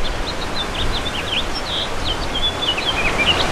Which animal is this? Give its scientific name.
Haemorhous mexicanus